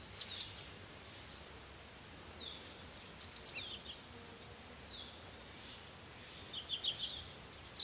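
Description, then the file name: Red warbler singing high, rapid chirpy phrases, each a short burst of thin slurred notes, given three times with pauses of a few seconds between. "Canto do mariquita vermelha"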